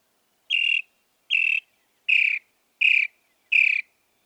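Northern mockingbird song: a harsh nasal note repeated five times at steady intervals of under a second.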